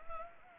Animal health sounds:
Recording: mosquito wingbeat signal from an infrared sensor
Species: Anopheles gambiae

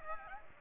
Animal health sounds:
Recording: mosquito wingbeat signal from an infrared sensor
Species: Aedes aegypti

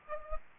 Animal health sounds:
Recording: mosquito wingbeat signal from an infrared sensor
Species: Aedes aegypti

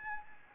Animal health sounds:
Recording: mosquito wingbeat signal from an infrared sensor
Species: Anopheles gambiae

